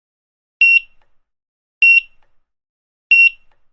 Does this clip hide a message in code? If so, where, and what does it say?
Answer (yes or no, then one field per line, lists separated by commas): no